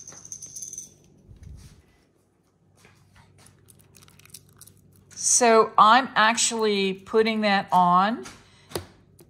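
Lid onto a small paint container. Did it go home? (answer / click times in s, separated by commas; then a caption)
yes / 8.8 s. A lid is pressed onto a small paint container that already has press-and-seal wrap on it to keep the paint from drying out. After some light handling noises and a stretch of someone talking, the lid snaps into place with a sharp click at 8.8 s.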